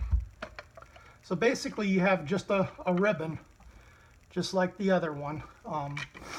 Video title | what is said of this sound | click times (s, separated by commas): Motorola CDM1250 Remote Head | Back, hear the little snap. | 0.4 s, 0.6 s